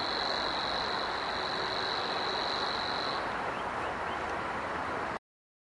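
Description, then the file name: Savi's warbler's buzzing reel runs for about three seconds, then stops abruptly while the noisy background continues. Recorded at Zakole Wawerskie on 3 May 2012 at 7:31. "2012-05-03-zakole-wawerskie-7-31-brzeczka"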